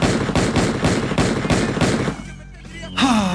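A rapid, loud burst of repeated gunshots rattles for about two seconds, then drops to a lull before a voice cuts in at the end.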